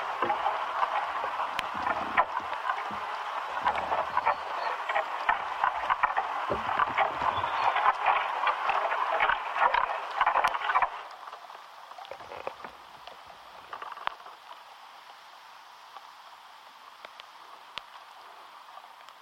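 Ash tree interior sounds: a dense crackling hiss with scattered clicks for about eleven seconds, then abruptly quieter, thinner hiss with sparse ticks.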